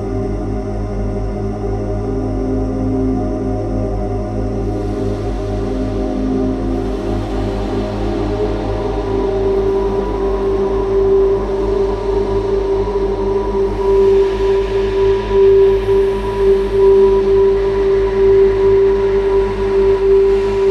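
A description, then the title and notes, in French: Rubbing on an upturned bass drum blends with sustained synth pads, a low steady drone joined midway by a ringing mid tone that swells. Frottements d'une grosse caisse renversée, nappes synthétiques et spacialisation sonore.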